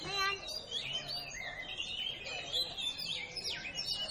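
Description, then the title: Oriental magpie-robin song: high, varied whistled phrases with sweeping rising and falling notes in a busy, continuous stream. Female calling a male, which is said to answer within seconds and be roused to fight. "KACER NGOTOT FULL TEMBAKAN. Kacer Betina Memanggil Jantan Dalam hitungan Detik Langsung Nyautt"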